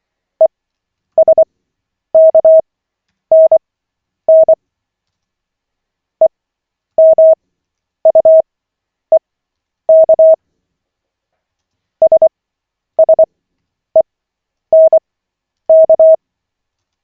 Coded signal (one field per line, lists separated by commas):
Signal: Morse code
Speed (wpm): 24 wpm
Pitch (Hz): 640 Hz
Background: none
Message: ESKNN EMUEK SSENK